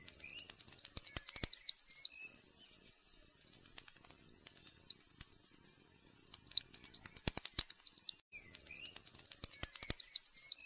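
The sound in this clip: Pipistrelle bat clicks, a steady stream of sharp high ticks in runs of several seconds separated by brief gaps, with faint chirping notes below.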